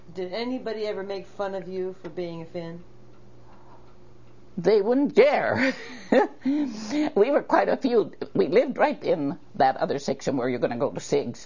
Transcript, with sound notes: Did anybody every make fun of you for being a Fin?
They wouldn't dare! (laughs) We were quite a. We lived right in that other section where you're gonna go to.